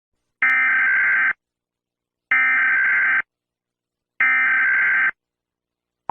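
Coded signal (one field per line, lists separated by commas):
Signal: Emergency Alert System (SAME) tones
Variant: header bursts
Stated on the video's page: Simulated EAS scenario for a fictional hurricane.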